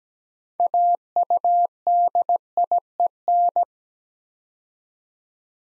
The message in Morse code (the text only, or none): AUDIEN